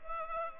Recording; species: mosquito wingbeat signal from an infrared sensor; Culex pipiens